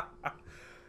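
One sudden, brief gasping catch of breath in a quiet room: a single hiccup from an adult.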